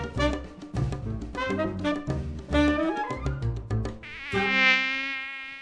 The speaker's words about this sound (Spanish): Dengue. Informarnos para prevenir. El mosquito que transmite el dengue Viven en el agua clara que parece limpia y se juntan las gomas, los tachos, los aljibes, cacharros, chapas acanaladas que juntan agua, tanques de agua sin tapa y floreros.